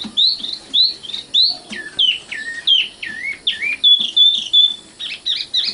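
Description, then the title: Oriental magpie-robin song of clear, loud whistled notes, some dropping steeply in pitch, delivered in a steady varied string. Kacer song. "Kicau Kacer"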